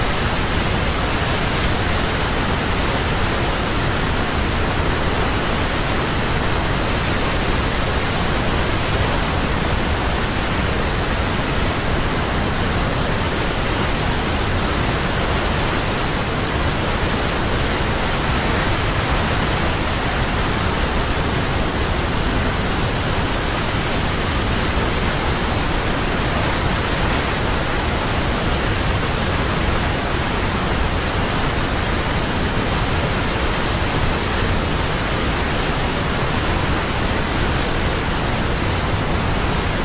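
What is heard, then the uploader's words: A large waterfall roars without pause, a thick, even wash of falling water that fills everything from deep rumble to bright hiss. The level holds constant for the full forty seconds, with no distinct splashes or other sounds standing out. Large Waterfall. Sounds Of Majestic Waterfall.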